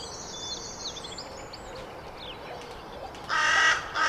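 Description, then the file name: Carrion crow gives two harsh, hoarse caws near the end, after a stretch of faint high chirping from small birds over steady background hiss. "Corvus corone"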